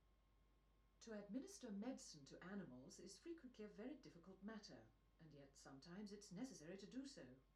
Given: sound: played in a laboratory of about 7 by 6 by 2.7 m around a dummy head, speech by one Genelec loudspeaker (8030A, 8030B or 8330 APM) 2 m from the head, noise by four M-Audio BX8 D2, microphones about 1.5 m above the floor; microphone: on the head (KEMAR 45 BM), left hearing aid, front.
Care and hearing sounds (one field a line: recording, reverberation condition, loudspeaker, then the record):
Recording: female speech in English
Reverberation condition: low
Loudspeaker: 150 degrees to the right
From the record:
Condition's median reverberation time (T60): about 310 ms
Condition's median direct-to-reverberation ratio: about 3.5 dB